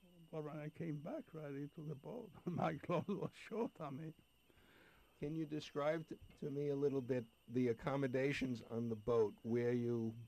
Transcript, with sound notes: But when I came back, already, to the boat, my clothes were short on me. (he laughs)
Can you describe to me a little bit the accommodations on the boat. Where you...